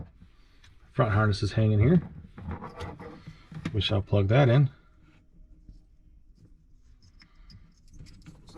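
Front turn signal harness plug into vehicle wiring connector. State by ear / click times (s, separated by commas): not seated / none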